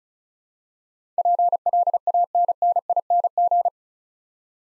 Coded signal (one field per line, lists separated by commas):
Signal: Morse code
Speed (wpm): 34 wpm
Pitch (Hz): 700 Hz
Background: none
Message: PLANNING